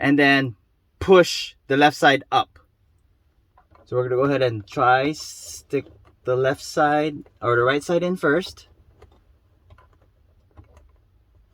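A dome light housing for a Prius is lined up with one side inserted into the car's headliner opening before it is pushed home. Someone talks, and faint handling noises follow. Nothing has seated or clicked yet.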